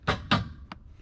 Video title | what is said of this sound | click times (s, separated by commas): Cheapest Mercedes W126 560sel Ep22 - Repairing the Bonnet Catch Part 2 4K | we do a double click now | 0.1 s, 0.3 s